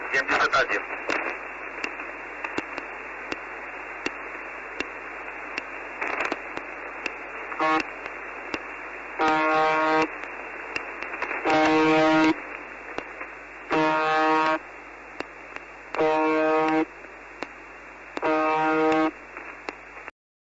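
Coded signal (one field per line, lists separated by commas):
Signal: channel marker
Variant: UVB-76 (The Buzzer)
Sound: crackling static, then five harsh one-second buzzes spaced about two seconds apart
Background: radio static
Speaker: When the transmission is interrupted, it's by a voice, a male speaker, and no official explanation has ever been given for its purpose.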